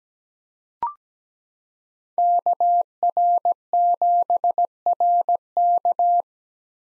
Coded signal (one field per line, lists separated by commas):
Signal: Morse code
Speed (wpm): 17 wpm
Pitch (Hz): 700 Hz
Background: none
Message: KR7RK